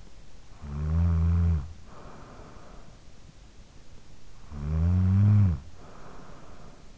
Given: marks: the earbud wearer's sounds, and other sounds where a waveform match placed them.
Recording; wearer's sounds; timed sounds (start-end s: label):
sounds in sleep by an in-ear microphone; snoring breath
0.11-3.14 s: snoring breath
4.09-6.97 s: snoring breath